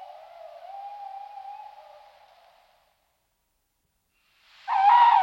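Tawny owl giving a long, steady, slightly wavering hoot that fades out, then silence before a louder, harsher sound starts at the end.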